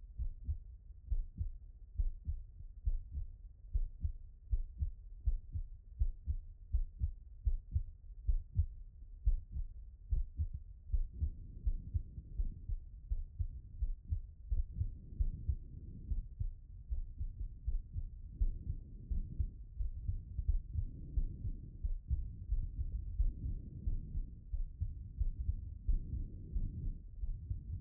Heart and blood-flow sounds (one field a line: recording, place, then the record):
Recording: heart sounds by stethoscope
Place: pulmonary valve (PV)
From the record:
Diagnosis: HFrEF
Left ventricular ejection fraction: 23%